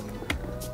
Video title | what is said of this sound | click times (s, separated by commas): HOW TO REPLACE YOUR SIDE MIRROR CAPS ON A BMW? | go around there you go one there you go click once | 0.3 s